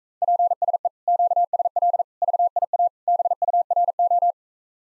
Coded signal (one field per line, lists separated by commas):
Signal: Morse code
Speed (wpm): 45 wpm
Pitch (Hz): 700 Hz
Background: none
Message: PSE QSL VIA BURO